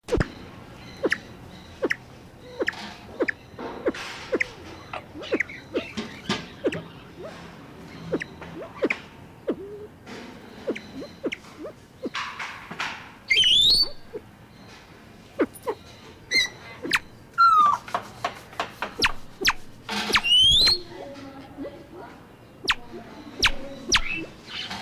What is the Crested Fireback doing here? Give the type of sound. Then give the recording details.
call. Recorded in captivity. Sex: pair. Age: adult. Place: Zoo Halle, Sachsen-Anhalt, DE. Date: 1987-04-11 11:21. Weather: heiter, 7-10°C. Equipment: Nagra SN, Kopie Tesla B 116. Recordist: Tembrock, Günter